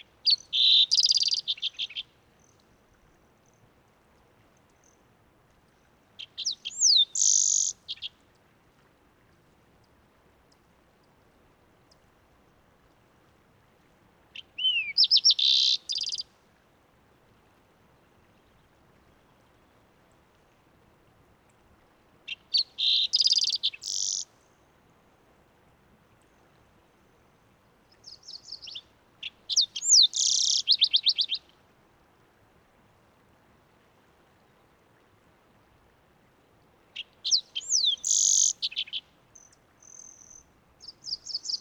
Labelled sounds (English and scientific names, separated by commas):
Green-tailed Towhee (Pipilo chlorurus) song